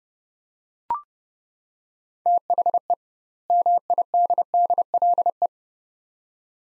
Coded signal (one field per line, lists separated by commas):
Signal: Morse code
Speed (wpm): 32 wpm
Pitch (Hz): 700 Hz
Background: none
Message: THE MIDDLE